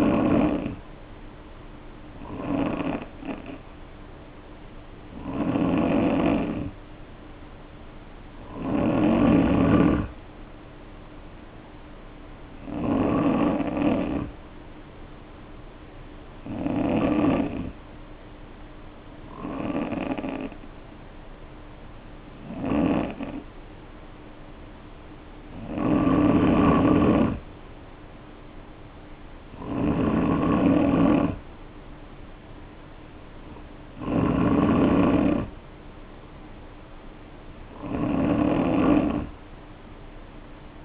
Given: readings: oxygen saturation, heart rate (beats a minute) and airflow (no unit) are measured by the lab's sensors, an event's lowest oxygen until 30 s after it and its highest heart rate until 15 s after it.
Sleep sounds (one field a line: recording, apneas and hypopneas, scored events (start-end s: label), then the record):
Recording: breathing in sleep by a voice recorder at the bedside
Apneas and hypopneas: 1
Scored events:
15.00-29.90 s: hypopnea (N3, oxygen 92% highest, then 90% lowest, heart rate 56 at the start, 58 highest)
From the record:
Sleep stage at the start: N3 (deep sleep)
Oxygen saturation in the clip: 88 to 93%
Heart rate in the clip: 55 to 59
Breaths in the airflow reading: 12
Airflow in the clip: -2.8 to 2.6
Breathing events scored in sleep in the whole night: 520 in 7.2 hours asleep